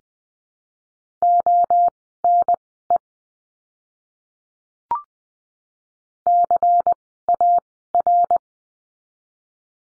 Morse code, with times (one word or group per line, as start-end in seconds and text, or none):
1.2-3.0 ONE
6.3-8.4 CAR